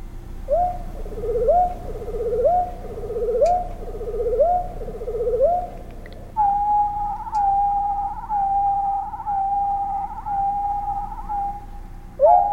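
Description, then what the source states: Wood Thrush song flourish: a low series of looping whistled upslurs repeated about once a second, then a higher steady whistled tone with regular upward flicks. Ending flourish of the song heard as the left voice box alone, then the right voice box alone, then both together; the two voice boxes do quite different things in this flourish.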